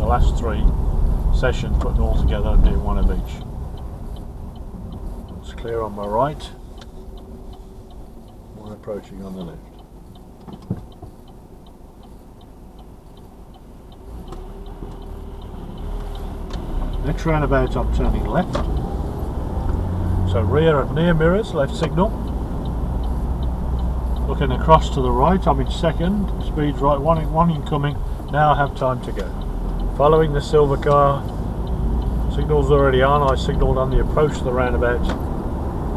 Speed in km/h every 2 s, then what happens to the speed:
23, 18, 10, 6, 0, 0, 0, 0, 0, 13, 21, 26, 24, 21, 16, 18, 23, 26.
0-8 slows to 0. 8-17 standing. 17-23 pulls away to 26. 23-27 slows to 16. 29-36 speeds up to 26.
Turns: 26-36.